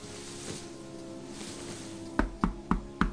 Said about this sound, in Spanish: ¿Quién llamará? Abre la puerta, Lázaro.